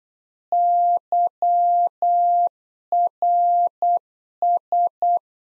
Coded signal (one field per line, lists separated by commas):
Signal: Morse code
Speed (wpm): 8 wpm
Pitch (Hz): 700 Hz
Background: none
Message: YRS